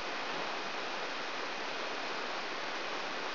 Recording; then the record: brain microelectrode recording played as sound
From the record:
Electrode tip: outside the subthalamic nucleus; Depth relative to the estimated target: 1 mm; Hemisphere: right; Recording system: AlphaMap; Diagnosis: Parkinson's disease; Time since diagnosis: 26 years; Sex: female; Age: 68 years